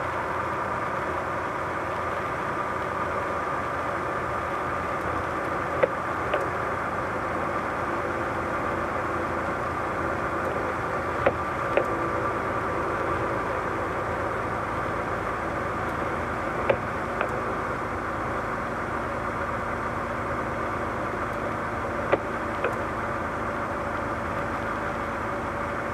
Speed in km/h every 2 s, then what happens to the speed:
105, 104, 104, 103, 102, 101, 101, 100, 98, 97, 96, 95, 94.
0-26 slows to 94.